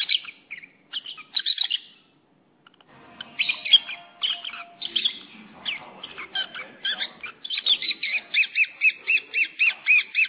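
Lovebird chattering: shrill squeaky notes and buzzy squawks, then a fast, steady run of sharp repeated chirps toward the end.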